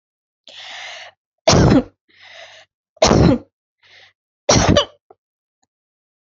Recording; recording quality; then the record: heavy voluntary cough; excellent, no background noise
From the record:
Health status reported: healthy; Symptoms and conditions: none ticked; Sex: female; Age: 31 years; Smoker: not ticked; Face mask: not worn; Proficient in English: yes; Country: India